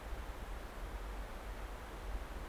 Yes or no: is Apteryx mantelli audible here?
no